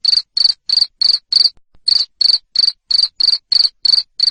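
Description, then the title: Loud cricket chirps, short buzzy pulses repeated about three times a second, pausing once briefly. Loud cricket chirping to stimulate lovebirds to sing continuously. "Suara JANGKRIK NGERIK Keras Bikin LOVEBIRD Jadi NGEKEK Terus Vubey"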